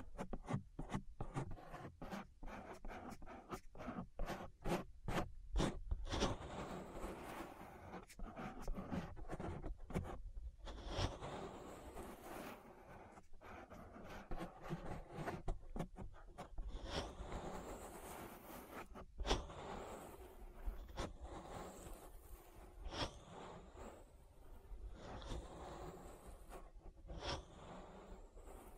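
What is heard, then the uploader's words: An ear massage with dense rubbing and scratching sounds that sweep across the ears. The first six seconds bring quick, rhythmic strokes with sharp breaks between them, then the rubbing turns slower and more continuous, with occasional bright scrapes and brief pauses. ASMR Relaxing Ear Massage. (No Talking).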